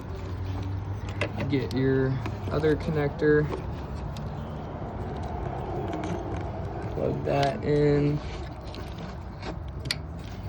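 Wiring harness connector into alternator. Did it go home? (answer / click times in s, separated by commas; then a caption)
yes / 9.9 s. Someone talks while the second wiring harness connector is pushed onto the new alternator during an alternator replacement on a 2013 Toyota Camry in a parking lot. A sharp click at 9.9 s marks the connector seating into the alternator.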